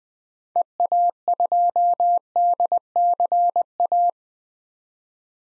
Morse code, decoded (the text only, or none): EA2DCA